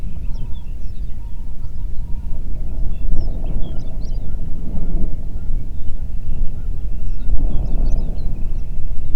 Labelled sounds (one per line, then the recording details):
songbird
waterfowl
wind
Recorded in the Prudhoe Bay oil fields, Alaska, on 8 June 2019 at 04:20
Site 30